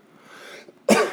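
Quiet, faintly breathy room noise is followed near the end by one abrupt, loud cough burst from an adult man. The cough is single and dry-sounding, with no wheeze or rattle audible.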